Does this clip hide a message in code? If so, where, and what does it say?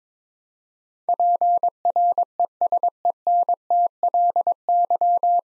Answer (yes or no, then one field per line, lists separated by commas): yes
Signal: Morse code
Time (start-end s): 1.1-5.4 s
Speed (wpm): 23 wpm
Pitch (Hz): 700 Hz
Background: none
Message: PRESENTLY